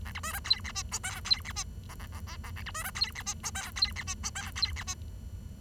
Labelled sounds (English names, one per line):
Bengalese Finch song